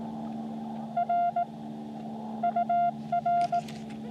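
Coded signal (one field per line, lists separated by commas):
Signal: Morse code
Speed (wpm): 19 wpm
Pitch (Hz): 700 Hz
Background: none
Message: R UR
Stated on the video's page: Beginner CW contacts during a SOTA summit activation on Sandstone Peak, just before a storm.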